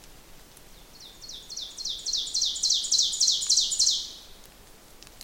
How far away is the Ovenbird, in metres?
about 20 m